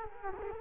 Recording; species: mosquito wingbeat signal from an infrared sensor; Culex quinquefasciatus